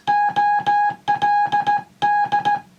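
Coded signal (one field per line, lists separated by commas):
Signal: Morse code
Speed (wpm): 15 wpm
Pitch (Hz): 820 Hz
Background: music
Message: OLD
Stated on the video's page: CW on the air from a restored 1950s LG300 boatanchor transmitter.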